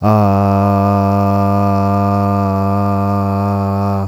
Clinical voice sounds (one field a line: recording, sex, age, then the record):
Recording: sustained vowel /a/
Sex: male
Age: 40 to 49 years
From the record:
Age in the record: 47 years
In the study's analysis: included